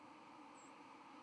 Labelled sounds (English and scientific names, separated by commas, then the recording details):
White-throated Sparrow (Zonotrichia albicollis) flight call
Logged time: 09:38 on 31 October 2014